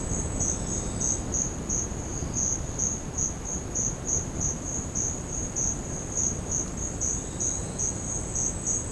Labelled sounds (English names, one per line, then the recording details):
none
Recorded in secondary vegetation near Puerto Asís, Putumayo, Colombia, on 8 March 2025 at 12:00
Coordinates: 0.481, -76.318
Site G097